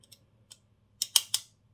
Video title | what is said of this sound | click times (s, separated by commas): Sudan ucuza kaliteli tıraş keyfi: Bic 3 Hybrid ExtraLife | Evet klik sesini duyduk ve şu | 1.0 s, 1.2 s